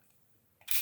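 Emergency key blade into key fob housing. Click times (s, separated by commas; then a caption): 0.7 s. After the coin battery cover is closed on a 2016–2022 Audi A6 key fob, the metal emergency key blade is pushed back into the plastic fob housing. A faint sound comes at 0.6 s, then a short, sharp, loud snap at 0.7 s as the blade seats in place.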